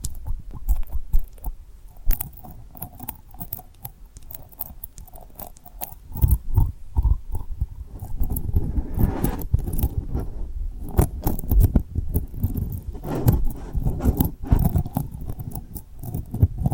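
Tapping and rubbing on a rhinestone surface, mixed with soft lip and mouth sounds. Quick clicks and taps come in irregular bursts, sparse at first and growing denser and louder after about eight seconds, over a low rustling rub with crisp, bright ticks throughout.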